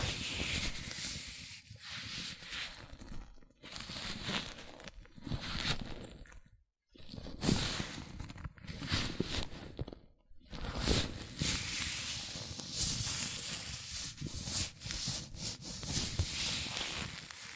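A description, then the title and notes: Latex gloves rub and stretch in continuous rustling, squeaky handling with bright, crinkly texture. The sound comes in uneven bursts, broken by short silences near 3.5, 6.5 and 10 seconds, then grows busier and denser through the final stretch. ASMR Latex Gloves Hand Sounds (No Talking).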